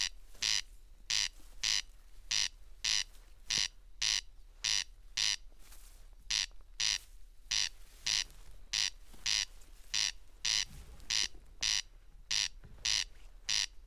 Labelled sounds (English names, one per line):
Corn Crake song